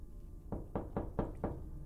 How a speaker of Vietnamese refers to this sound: tiếng gõ cửa và giọng nói của bà cụ Lý vang lên